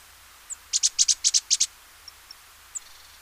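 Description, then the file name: Great tit song: a quick run of four high, doubled notes, each pair tightly clipped, after a single tick and followed by a few scattered soft ticks. "Parus major"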